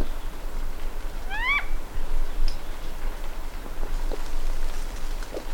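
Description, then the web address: Vasa parrot giving a single short rising whistle, followed by quiet background noise and a few faint ticks. "parrots coracopsis"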